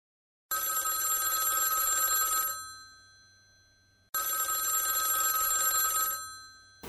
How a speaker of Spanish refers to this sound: Ay, Dios mío, otra vez ese teléfono. No se ponga nerviosa, señor, y conteste de una vez.